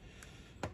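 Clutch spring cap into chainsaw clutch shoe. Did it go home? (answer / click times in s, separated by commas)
partly / 0.6 s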